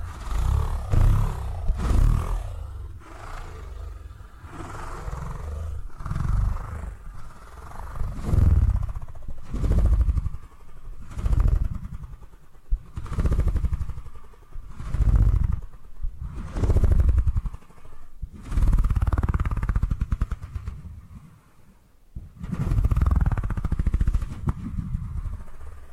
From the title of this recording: ASMR Brain Tingly Purring Triggers